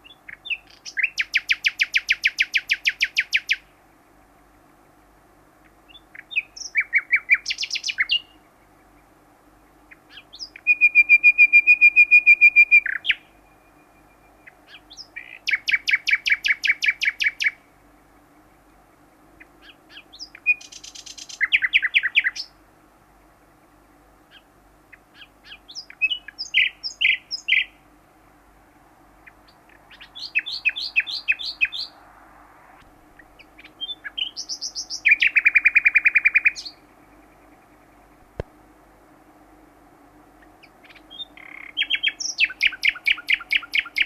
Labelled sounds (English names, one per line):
Common Nightingale social call